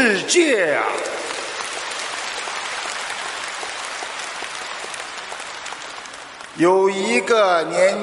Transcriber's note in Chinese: 掌声